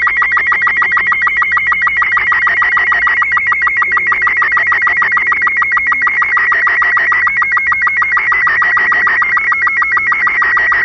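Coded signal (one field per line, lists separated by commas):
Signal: SSTV (slow-scan television)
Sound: harsh rapid warbling tones around 2 kHz, ticking about eight times per second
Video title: Portal 2: Developer Commentary SSTV decoded (turn down your volume)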